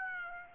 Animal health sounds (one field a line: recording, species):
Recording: mosquito wingbeat signal from an infrared sensor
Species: Aedes aegypti